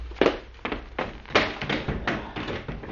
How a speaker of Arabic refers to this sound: أغلق الباب.